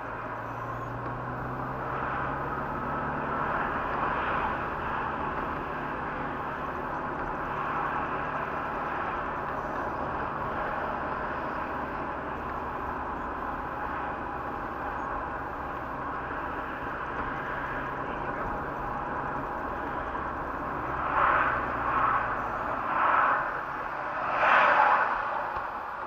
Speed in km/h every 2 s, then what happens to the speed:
29, 38, 33, 32, 33, 33, 31, 31, 29, 31, 29, 16, 8.
0-20 steady at about 31. 20-26 brakes to 8.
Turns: none.